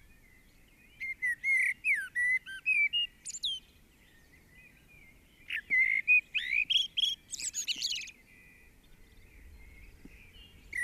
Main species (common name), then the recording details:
Common Blackbird. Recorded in the wild. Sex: male. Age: adult. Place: Garmisch-Partenkirchen, Bayern, DE. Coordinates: 47.4919, 11.0742. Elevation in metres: 707. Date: 1967-03-26. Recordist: Tretzel, Erwin. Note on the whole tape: Ostern 1967. Haus gegenüber Sportplatz an Maximillianstraße: Gesang einer Amsel mit Imitationen